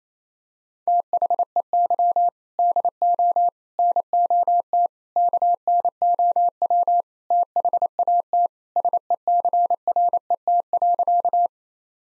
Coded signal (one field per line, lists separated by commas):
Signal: Morse code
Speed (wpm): 28 wpm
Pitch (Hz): 700 Hz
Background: none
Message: THEY DO NOT KNOW THAT SECRET.